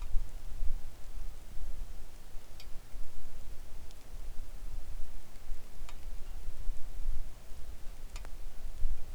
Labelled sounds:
wind, rain
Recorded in the Arctic National Wildlife Refuge, Alaska, on 3 August 2019 at 10:01
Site 41

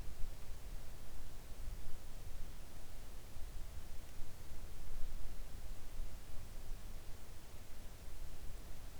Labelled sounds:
near silence
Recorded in the Arctic National Wildlife Refuge, Alaska, on 3 August 2019 at 06:12
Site 41

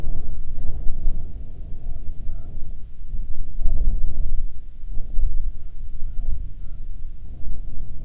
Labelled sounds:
bird, wind
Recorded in the Prudhoe Bay oil fields, Alaska, on 7 August 2019 at 14:13
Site 17

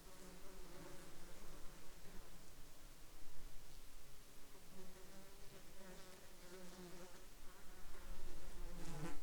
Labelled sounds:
insects
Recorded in the Arctic National Wildlife Refuge, Alaska, on 27 July 2021 at 12:58
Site 35

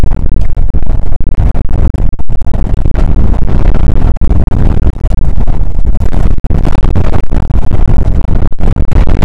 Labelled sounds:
wind
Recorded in the Prudhoe Bay oil fields, Alaska, on 2 August 2019 at 01:31
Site 29

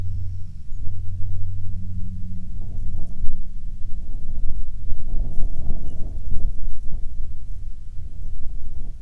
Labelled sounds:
songbird, wind, aircraft
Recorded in the Prudhoe Bay oil fields, Alaska, on 21 June 2019 at 09:42
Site 22

